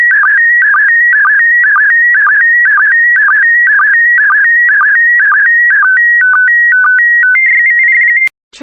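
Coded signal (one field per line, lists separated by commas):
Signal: SSTV (slow-scan television)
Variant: PD120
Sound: warbling electronic tone pattern, then steady high tones stepping between pitches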